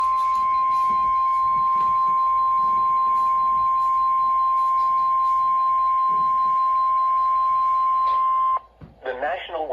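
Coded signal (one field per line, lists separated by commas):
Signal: Emergency Alert System (SAME) tones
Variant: 1050 Hz attention tone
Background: speech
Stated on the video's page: Severe thunderstorm warning SAME tones from a NOAA Weather Radio transmitter in Columbus, Ohio.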